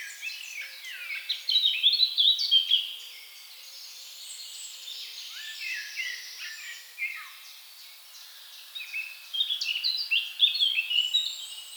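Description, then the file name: Eurasian blackcap song: two loud bursts of fast, varied warbling, separated by a quieter stretch. "Sylvia atricapilla"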